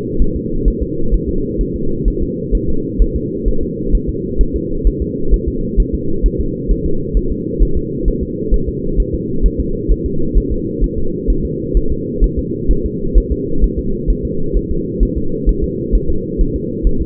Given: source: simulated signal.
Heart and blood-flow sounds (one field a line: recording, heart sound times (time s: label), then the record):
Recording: fetal heart sounds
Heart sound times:
0.22 s: S1
0.36 s: S2
0.68 s: S1
0.83 s: S2
1.14 s: S1
1.29 s: S2
1.61 s: S1
1.76 s: S2
2.08 s: S1
2.22 s: S2
2.55 s: S1
2.69 s: S2
3.02 s: S1
3.16 s: S2
3.48 s: S1
3.63 s: S2
3.95 s: S1
4.09 s: S2
4.41 s: S1
4.56 s: S2
4.87 s: S1
5.02 s: S2
5.34 s: S1
5.48 s: S2
5.80 s: S1
5.94 s: S2
6.26 s: S1
6.40 s: S2
6.72 s: S1
6.86 s: S2
7.17 s: S1
7.32 s: S2
7.62 s: S1
7.77 s: S2
8.08 s: S1
8.23 s: S2
8.54 s: S1
8.69 s: S2
9.00 s: S1
9.14 s: S2
9.46 s: S1
9.60 s: S2
9.92 s: S1
10.06 s: S2
10.38 s: S1
10.52 s: S2
10.84 s: S1
10.98 s: S2
11.30 s: S1
11.45 s: S2
11.77 s: S1
11.92 s: S2
12.24 s: S1
12.39 s: S2
12.71 s: S1
12.86 s: S2
13.18 s: S1
13.32 s: S2
13.64 s: S1
13.79 s: S2
14.10 s: S1
14.25 s: S2
14.57 s: S1
14.71 s: S2
15.03 s: S1
15.17 s: S2
15.49 s: S1
15.64 s: S2
15.95 s: S1
16.10 s: S2
16.41 s: S1
16.56 s: S2
16.87 s: S1
17.02 s: S2
From the record:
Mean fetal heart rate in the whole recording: 130 bpm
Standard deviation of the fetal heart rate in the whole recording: 2 bpm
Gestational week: 36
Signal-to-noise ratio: -8.1 dB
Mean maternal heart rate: 72 bpm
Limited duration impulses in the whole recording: absent